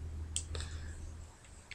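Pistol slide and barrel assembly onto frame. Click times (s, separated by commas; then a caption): 0.4 s. A metal slide and barrel assembly of a Beretta PX4 Storm 9mm pistol is lined up on the frame during reassembly and pushed until it locks into place. A sharp metallic click at 0.4 s marks it seating, followed by a couple of softer clicks just after and a faint tick near 1.7 s.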